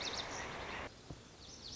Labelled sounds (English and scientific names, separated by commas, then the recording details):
Lazuli Bunting (Passerina amoena)
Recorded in Sonoma County, California